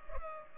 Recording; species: mosquito wingbeat signal from an infrared sensor; Culex pipiens